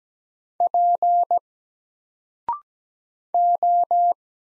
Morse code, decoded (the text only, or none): P O